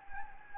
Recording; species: mosquito wingbeat signal from an infrared sensor; Anopheles gambiae